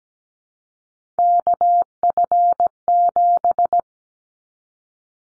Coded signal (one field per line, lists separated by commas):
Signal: Morse code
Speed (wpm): 17 wpm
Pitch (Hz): 700 Hz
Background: none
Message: KF7